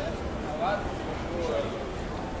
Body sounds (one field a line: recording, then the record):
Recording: background sound without coughing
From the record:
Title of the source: Train Station Sounds Paris